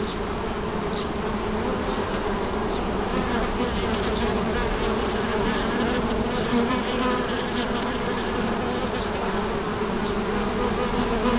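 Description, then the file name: Bee: continuous thick hum of many bees, holding steady throughout. Recorded at St Bonnet on 30 July 2016 with a MiniDisc recorder. "Abeilles St Bonnet le Ch"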